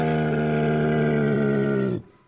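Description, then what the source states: Dromedary giving a long, deep, droning groan held steadily for about two seconds before cutting off abruptly. Dromedary vocalising as handler Ali commands it with 'Ech, ech' to sit down so the rider can dismount; desert plot outside Doha.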